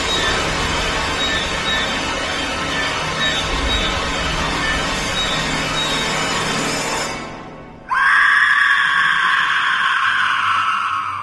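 A steady, noisy hiss fills the first seven seconds, then dips before a sudden loud, high-pitched scream from a room in an apartment bursts in and holds, its pitch sliding slowly downward.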